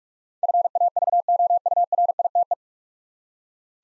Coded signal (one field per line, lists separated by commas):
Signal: Morse code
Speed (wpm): 44 wpm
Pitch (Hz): 700 Hz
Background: none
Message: FAVOURITE